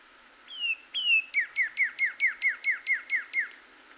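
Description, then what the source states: Northern cardinal song: two long falling whistles introduce a quick train of short down-slurred notes. Recorded 26 April 2019.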